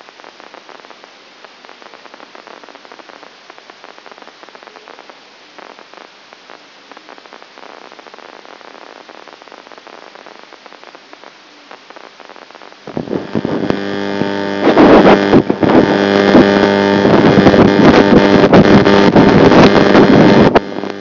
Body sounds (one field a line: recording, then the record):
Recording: brain microelectrode recording played as sound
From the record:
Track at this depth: outside the subthalamic nucleus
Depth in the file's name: 0.004 mm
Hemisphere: right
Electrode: 3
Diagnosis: Parkinson's disease